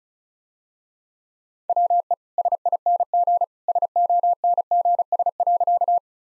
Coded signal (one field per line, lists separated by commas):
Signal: Morse code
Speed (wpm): 36 wpm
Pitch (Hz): 700 Hz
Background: none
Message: WE SING SONGS.